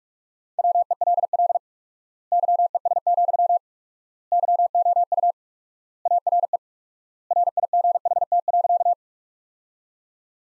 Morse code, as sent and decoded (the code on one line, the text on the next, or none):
.-- . .-.. .-.. / -.-- . ... --..-- / -.-- --- ..- / .- .-. . / .-. .. --. .... - .-.-.-
WELL YES, YOU ARE RIGHT.